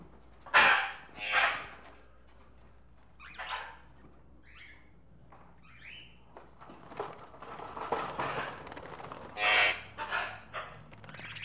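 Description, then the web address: Tropical birds squawking, chattering and giving short whistled notes in a busy, irregular mix, with louder harsh squawks near the start and end. Various tropical birds in a pet shop. "birds various tropical birds in a pet shop animal ambience"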